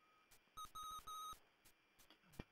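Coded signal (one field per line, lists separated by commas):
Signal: none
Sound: computer game sound effects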